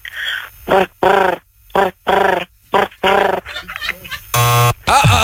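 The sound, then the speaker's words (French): A person imitates a pigeon with a string of short, throaty, pitch-wavering coos in an uneven rhythm, then closes with a harsher, breathier burst. “Le pigeon.”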